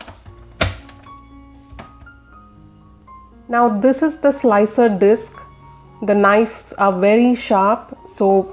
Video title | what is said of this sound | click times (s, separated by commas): How to Slice Onion in a Food Processor -- How to Slice Onions in Kenwood KM28 Series Kitchen Machine | you hear a clicking noise just like in this video now | 0.6 s